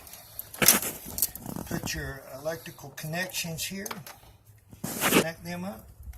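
A plastic electrical connector for the radiator cooling fan on a 2006 Dodge Charger Daytona R/T 5.7 is handled by hand during a water pump gasket replacement, ready to be pushed into the cooling fan harness. Someone talks while short plastic clatters and ticks sound around 0.4 to 1.4 seconds. Nothing has seated or clicked yet.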